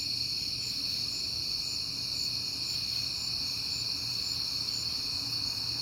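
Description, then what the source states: Cricket: a steady chorus of crickets, high and ringing with rapid even pulses, over quiet low background noise. Crickets heard often in September; recorded at night on a peaceful night.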